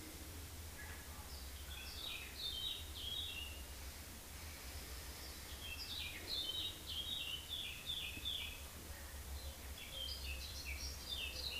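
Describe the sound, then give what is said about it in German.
Birds chirp in quick, high-pitched bursts and twittering runs throughout, fairly soft, over a steady low rumble of background noise with no talking, in Mallorca. “Die Vögel zwitschern.”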